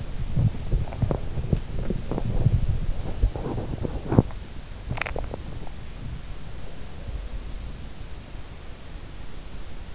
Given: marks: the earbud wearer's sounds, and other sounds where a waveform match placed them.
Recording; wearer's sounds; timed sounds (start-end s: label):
sounds in sleep by an in-ear microphone; body movement, swallowing
0.00-4.66 s: body movement
4.66-5.88 s: swallowing